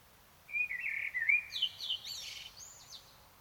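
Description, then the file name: Common blackbird song phrase: a mellow fluted opening followed by a jumble of high, scratchy twittering notes. "Turdus merula"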